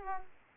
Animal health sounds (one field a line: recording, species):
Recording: mosquito wingbeat signal from an infrared sensor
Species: Culex pipiens